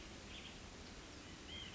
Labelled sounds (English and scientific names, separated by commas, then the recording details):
White-breasted Nuthatch (Sitta carolinensis)
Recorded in Sonoma County, California